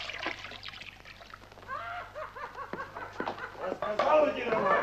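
In a small room with one window, a woman pours hot water from a cauldron into a wooden tub, a steady splashing gurgle with bubbly rising tones that swells louder toward the end.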